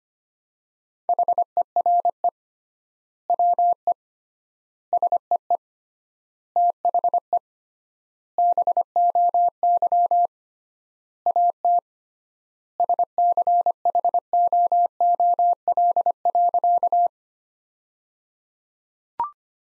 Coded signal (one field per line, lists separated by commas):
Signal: Morse code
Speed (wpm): 25 wpm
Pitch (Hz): 700 Hz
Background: none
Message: HERE WE SEE THE BOY AT SCHOOL.